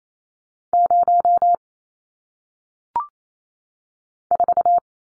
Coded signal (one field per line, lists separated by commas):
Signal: Morse code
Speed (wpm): 28 wpm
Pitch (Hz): 700 Hz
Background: none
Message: 0 4